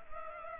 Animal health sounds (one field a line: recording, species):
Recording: mosquito wingbeat signal from an infrared sensor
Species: Culex pipiens